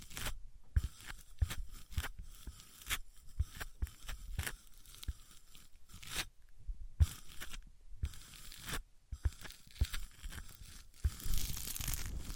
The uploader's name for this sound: Wood vs Cork, Sponge vs Foam, Glass vs Plastic